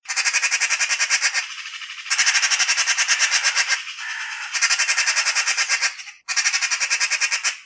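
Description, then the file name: Eurasian magpie chattering, a harsh rapid rattle of dry notes in long bursts of about a second or more, repeated four times with brief pauses between. "Gazza"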